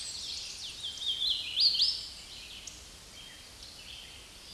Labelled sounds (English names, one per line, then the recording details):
Hooded Warbler song
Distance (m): 20 m
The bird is about 5 m above the microphone
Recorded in a Pennsylvania forest on 16 May 2024 at 07:26
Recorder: AudioMoth, point MSD-0215
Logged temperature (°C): 16.1 °C
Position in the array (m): 30 m, 146 m